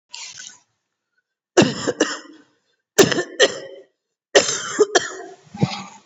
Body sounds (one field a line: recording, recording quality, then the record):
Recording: heavy voluntary cough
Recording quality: excellent, no background noise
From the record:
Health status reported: COVID-19 positive, mild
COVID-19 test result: positive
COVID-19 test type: RT-PCR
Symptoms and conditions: cough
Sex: male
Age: 33 years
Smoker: no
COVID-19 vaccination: one dose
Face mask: not worn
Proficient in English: yes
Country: India